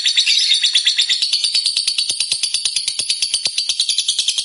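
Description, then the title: Lovebird in a rapid, high chattering trill of buzzy pulses, steady and continuous for four and a half seconds. Fighter-type lovebird described as gacor, meaning in full, frequent song. "Berkat SUARA Lovebird FIGHTER GACOR Ini"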